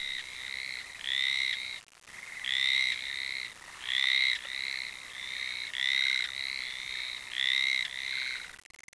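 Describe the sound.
Frog calling, several harmonic, slightly rising croaks repeated at uneven intervals of about a second or more, over a steady background hiss.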